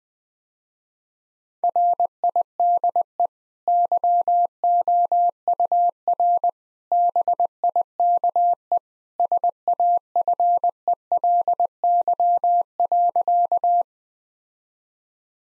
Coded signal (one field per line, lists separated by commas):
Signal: Morse code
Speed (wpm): 20 wpm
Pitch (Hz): 700 Hz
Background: none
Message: RIDE YOUR BIKE SAFELY.